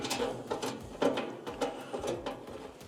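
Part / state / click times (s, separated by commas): mounting screw into dryer heater duct bracket / not seated / none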